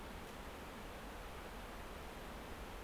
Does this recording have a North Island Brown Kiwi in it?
no